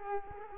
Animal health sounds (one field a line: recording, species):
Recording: mosquito wingbeat signal from an infrared sensor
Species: Culex quinquefasciatus